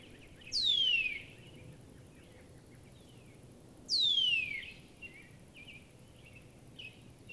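Northern cardinal song: two loud, clear whistles sweeping steeply downward, about three seconds apart, with faint chirps and a steady background hiss.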